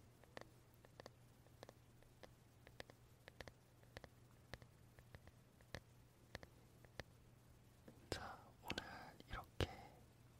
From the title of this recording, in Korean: 나무빗 탭핑,터칭 사운드